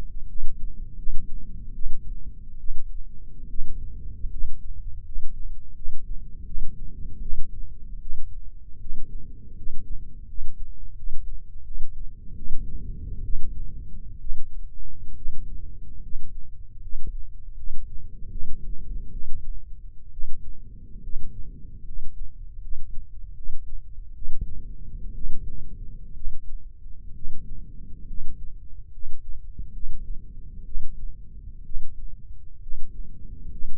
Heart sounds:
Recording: heart sounds by microphone in the left ear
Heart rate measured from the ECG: 72 bpm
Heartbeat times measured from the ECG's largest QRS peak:
0.28 s: heartbeat
0.97 s: heartbeat
1.74 s: heartbeat
2.58 s: heartbeat
3.48 s: heartbeat
4.30 s: heartbeat
5.04 s: heartbeat
5.75 s: heartbeat
6.45 s: heartbeat
7.20 s: heartbeat
8.00 s: heartbeat
8.79 s: heartbeat
9.55 s: heartbeat
10.26 s: heartbeat
10.95 s: heartbeat
11.64 s: heartbeat
12.35 s: heartbeat
13.23 s: heartbeat
14.19 s: heartbeat
15.15 s: heartbeat
16.01 s: heartbeat
16.81 s: heartbeat
17.55 s: heartbeat
18.30 s: heartbeat
19.10 s: heartbeat
20.11 s: heartbeat
21.02 s: heartbeat
21.84 s: heartbeat
22.60 s: heartbeat
23.34 s: heartbeat
24.13 s: heartbeat
25.13 s: heartbeat
26.14 s: heartbeat
27.14 s: heartbeat
28.06 s: heartbeat
28.91 s: heartbeat
29.72 s: heartbeat
30.64 s: heartbeat
31.64 s: heartbeat
32.60 s: heartbeat
33.50 s: heartbeat
From the record:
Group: healthy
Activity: rest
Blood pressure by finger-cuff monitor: 140/81 mmHg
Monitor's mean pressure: 97 mmHg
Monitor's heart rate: 75 bpm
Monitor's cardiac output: 7.9 L/min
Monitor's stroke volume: 105 mL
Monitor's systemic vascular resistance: 890 dyn s/cm5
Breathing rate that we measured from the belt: 10 breaths a minute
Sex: male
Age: 23 years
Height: 178 cm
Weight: 96.6 kg

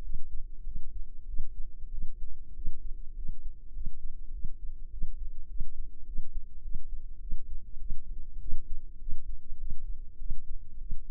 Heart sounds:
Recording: heart sounds by microphone in the left ear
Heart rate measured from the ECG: 100 bpm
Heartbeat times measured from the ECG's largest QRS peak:
0.01 s: heartbeat
0.63 s: heartbeat
1.26 s: heartbeat
1.90 s: heartbeat
2.53 s: heartbeat
3.14 s: heartbeat
3.72 s: heartbeat
4.31 s: heartbeat
4.89 s: heartbeat
5.47 s: heartbeat
6.05 s: heartbeat
6.61 s: heartbeat
7.19 s: heartbeat
7.78 s: heartbeat
8.39 s: heartbeat
8.98 s: heartbeat
9.57 s: heartbeat
10.17 s: heartbeat
10.78 s: heartbeat
From the record:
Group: healthy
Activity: rest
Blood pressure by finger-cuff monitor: 104/56 mmHg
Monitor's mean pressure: 74 mmHg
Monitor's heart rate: 102 bpm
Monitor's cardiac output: 9.3 L/min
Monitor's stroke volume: 91 mL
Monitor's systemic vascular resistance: 570 dyn s/cm5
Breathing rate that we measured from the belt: 20 breaths a minute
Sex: female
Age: 24 years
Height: 163 cm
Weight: 55.7 kg

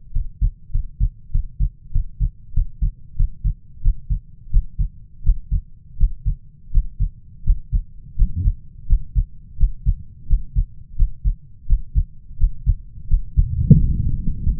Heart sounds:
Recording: heart sounds by stethoscope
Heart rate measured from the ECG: 88 bpm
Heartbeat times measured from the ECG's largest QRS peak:
0.10 s: heartbeat
0.69 s: heartbeat
1.29 s: heartbeat
1.90 s: heartbeat
2.52 s: heartbeat
3.15 s: heartbeat
3.81 s: heartbeat
4.50 s: heartbeat
5.22 s: heartbeat
5.96 s: heartbeat
6.70 s: heartbeat
7.43 s: heartbeat
8.15 s: heartbeat
8.86 s: heartbeat
9.56 s: heartbeat
10.26 s: heartbeat
10.95 s: heartbeat
11.66 s: heartbeat
12.37 s: heartbeat
13.07 s: heartbeat
13.76 s: heartbeat
14.42 s: heartbeat
From the record:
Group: healthy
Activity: Valsalva maneuver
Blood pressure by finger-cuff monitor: 91/69 mmHg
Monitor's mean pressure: 75 mmHg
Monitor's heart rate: 85 bpm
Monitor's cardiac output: 5.3 L/min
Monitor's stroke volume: 62 mL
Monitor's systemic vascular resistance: 1020 dyn s/cm5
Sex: male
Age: 20 years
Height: 187 cm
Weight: 68.9 kg

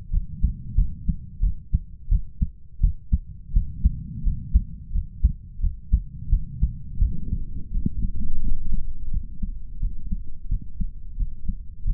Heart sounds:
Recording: heart sounds by stethoscope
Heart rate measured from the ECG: 87 bpm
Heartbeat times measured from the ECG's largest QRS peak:
0.11 s: heartbeat
0.75 s: heartbeat
1.40 s: heartbeat
2.09 s: heartbeat
2.80 s: heartbeat
3.52 s: heartbeat
4.23 s: heartbeat
4.92 s: heartbeat
5.60 s: heartbeat
6.29 s: heartbeat
6.99 s: heartbeat
7.71 s: heartbeat
8.41 s: heartbeat
9.11 s: heartbeat
9.80 s: heartbeat
10.49 s: heartbeat
11.17 s: heartbeat
11.84 s: heartbeat
From the record:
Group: healthy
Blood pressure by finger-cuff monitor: 121/80 mmHg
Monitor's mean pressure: 91 mmHg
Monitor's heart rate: 87 bpm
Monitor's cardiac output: 7.4 L/min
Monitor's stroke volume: 84 mL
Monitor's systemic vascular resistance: 920 dyn s/cm5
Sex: male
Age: 33 years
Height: 179 cm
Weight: 80.4 kg

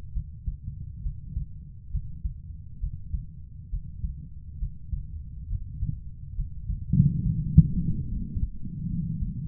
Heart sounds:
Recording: heart sounds by stethoscope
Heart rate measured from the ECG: 69 bpm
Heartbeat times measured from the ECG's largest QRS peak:
0.14 s: heartbeat
1.03 s: heartbeat
1.91 s: heartbeat
2.80 s: heartbeat
3.70 s: heartbeat
4.59 s: heartbeat
5.49 s: heartbeat
6.36 s: heartbeat
7.23 s: heartbeat
8.09 s: heartbeat
8.89 s: heartbeat
From the record:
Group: healthy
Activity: Valsalva maneuver 0-8 s, rest 8-10 s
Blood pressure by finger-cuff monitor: 114/61 mmHg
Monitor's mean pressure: 82 mmHg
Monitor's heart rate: 68 bpm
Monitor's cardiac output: 6.6 L/min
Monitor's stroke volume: 99 mL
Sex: female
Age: 22 years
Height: 160 cm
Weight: 63 kg

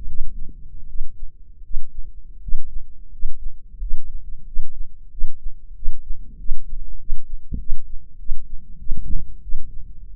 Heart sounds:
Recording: heart sounds by microphone in the left ear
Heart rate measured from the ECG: 90 bpm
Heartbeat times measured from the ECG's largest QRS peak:
0.07 s: heartbeat
0.87 s: heartbeat
1.62 s: heartbeat
2.40 s: heartbeat
3.10 s: heartbeat
3.79 s: heartbeat
4.45 s: heartbeat
5.10 s: heartbeat
5.74 s: heartbeat
6.38 s: heartbeat
6.98 s: heartbeat
7.58 s: heartbeat
8.18 s: heartbeat
8.78 s: heartbeat
9.41 s: heartbeat
10.07 s: heartbeat
From the record:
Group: healthy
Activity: rest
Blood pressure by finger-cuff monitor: 139/99 mmHg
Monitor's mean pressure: 111 mmHg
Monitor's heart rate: 91 bpm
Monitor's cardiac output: 7.3 L/min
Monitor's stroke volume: 87 mL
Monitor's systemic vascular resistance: 1150 dyn s/cm5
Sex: male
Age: 23 years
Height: 179 cm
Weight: 87 kg

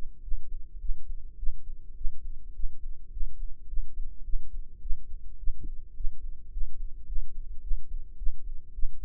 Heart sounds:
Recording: heart sounds by microphone in the right ear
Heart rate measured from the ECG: 106 bpm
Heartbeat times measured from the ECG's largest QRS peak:
0.22 s: heartbeat
0.80 s: heartbeat
1.37 s: heartbeat
1.95 s: heartbeat
2.54 s: heartbeat
3.11 s: heartbeat
3.68 s: heartbeat
4.24 s: heartbeat
4.81 s: heartbeat
5.38 s: heartbeat
5.95 s: heartbeat
6.51 s: heartbeat
7.07 s: heartbeat
7.62 s: heartbeat
8.17 s: heartbeat
8.73 s: heartbeat
From the record:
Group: healthy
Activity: rest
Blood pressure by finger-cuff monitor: 130/83 mmHg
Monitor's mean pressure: 96 mmHg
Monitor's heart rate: 106 bpm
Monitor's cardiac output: 8.2 L/min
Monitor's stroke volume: 78 mL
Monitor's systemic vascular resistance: 870 dyn s/cm5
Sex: female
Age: 19 years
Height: 163 cm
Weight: 51 kg

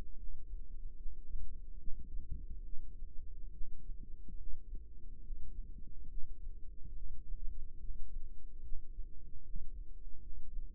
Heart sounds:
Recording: heart sounds by microphone in the right ear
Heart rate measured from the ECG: 72 bpm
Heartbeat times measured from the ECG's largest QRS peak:
0.14 s: heartbeat
0.93 s: heartbeat
1.76 s: heartbeat
2.61 s: heartbeat
3.49 s: heartbeat
4.34 s: heartbeat
5.18 s: heartbeat
6.06 s: heartbeat
6.92 s: heartbeat
7.76 s: heartbeat
8.60 s: heartbeat
9.41 s: heartbeat
10.17 s: heartbeat
From the record:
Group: healthy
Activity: rest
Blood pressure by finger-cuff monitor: 94/53 mmHg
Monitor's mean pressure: 68 mmHg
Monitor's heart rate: 71 bpm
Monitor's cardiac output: 6.6 L/min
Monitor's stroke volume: 94 mL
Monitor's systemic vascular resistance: 760 dyn s/cm5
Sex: female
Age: 26 years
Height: 165 cm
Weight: 55 kg

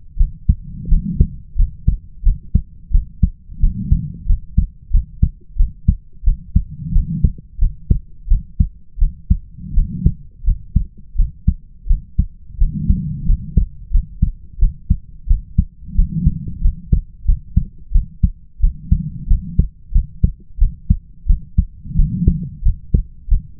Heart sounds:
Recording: heart sounds by stethoscope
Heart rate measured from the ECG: 88 bpm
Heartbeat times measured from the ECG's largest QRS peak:
0.17 s: heartbeat
0.89 s: heartbeat
1.56 s: heartbeat
2.23 s: heartbeat
2.91 s: heartbeat
3.60 s: heartbeat
4.26 s: heartbeat
4.91 s: heartbeat
5.57 s: heartbeat
6.24 s: heartbeat
6.93 s: heartbeat
7.59 s: heartbeat
8.28 s: heartbeat
8.99 s: heartbeat
9.74 s: heartbeat
10.44 s: heartbeat
11.16 s: heartbeat
11.87 s: heartbeat
12.58 s: heartbeat
13.26 s: heartbeat
13.91 s: heartbeat
14.59 s: heartbeat
15.27 s: heartbeat
15.95 s: heartbeat
16.62 s: heartbeat
17.26 s: heartbeat
17.92 s: heartbeat
18.60 s: heartbeat
19.28 s: heartbeat
19.92 s: heartbeat
20.59 s: heartbeat
21.27 s: heartbeat
21.96 s: heartbeat
22.63 s: heartbeat
23.29 s: heartbeat
From the record:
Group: healthy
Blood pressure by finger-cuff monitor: 102/59 mmHg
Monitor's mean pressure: 72 mmHg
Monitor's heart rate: 88 bpm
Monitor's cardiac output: 7.6 L/min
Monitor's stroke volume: 86 mL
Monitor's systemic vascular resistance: 670 dyn s/cm5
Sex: female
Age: 22 years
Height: 157 cm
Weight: 47.6 kg

